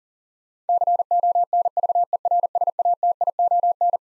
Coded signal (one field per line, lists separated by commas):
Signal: Morse code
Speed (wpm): 40 wpm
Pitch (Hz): 700 Hz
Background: none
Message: CONVERSATION